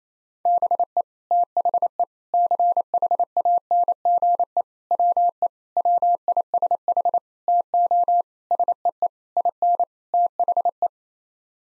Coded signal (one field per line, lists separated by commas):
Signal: Morse code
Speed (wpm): 28 wpm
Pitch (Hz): 700 Hz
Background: none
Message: BE THE CHANGE WE WISH TO SEE IN THE